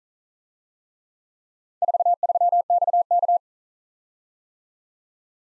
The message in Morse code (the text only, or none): 43XK